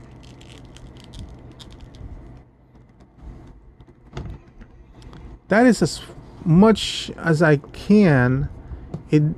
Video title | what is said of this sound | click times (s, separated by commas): Mondo 1/6 Timed Deluxe edition Trapjaw review. | doesn't feel like there's a clicking or an improvement on | none